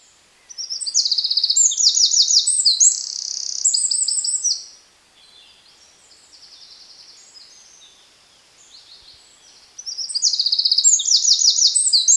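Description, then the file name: Eurasian wren song: loud, very high, rapid trills and buzzy rattles for about four seconds, a quieter stretch, then another burst of fast trilled notes. "Troglodytes troglodytes"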